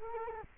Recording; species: mosquito wingbeat signal from an infrared sensor; Culex quinquefasciatus